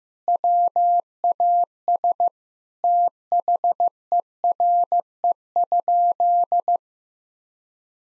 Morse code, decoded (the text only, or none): WAS THERE?